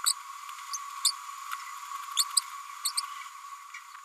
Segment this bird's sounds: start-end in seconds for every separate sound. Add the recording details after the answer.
0.06-0.13, 1.05-1.11, 2.85-2.92, 2.97-3.01. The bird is a female. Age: 32 days. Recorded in a nest box in Venezuela. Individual 17B102A5